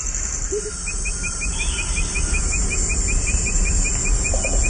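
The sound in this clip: Insects giving a steady, high-pitched continuous drone, with a fast run of short repeated chirps above a low rumbling background.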